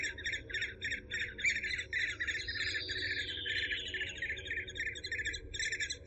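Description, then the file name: Eurasian hobby chirping calls, harmonic chirps repeated about three times a second, with a higher gliding whistled note midway, over a steady low hum. "suara alap walet"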